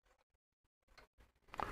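A connector or flex cable is pushed back onto the circuit board inside a Sony ICF-2001D portable shortwave radio under repair. After faint rustling and handling noises, two faint clicks are heard at 1.5 and 1.6 seconds. The part is pushed on but is still not fully seated.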